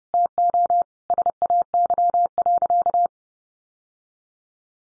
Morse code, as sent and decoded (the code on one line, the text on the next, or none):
- --- / ... .- -.-- .-.-.-
TO SAY.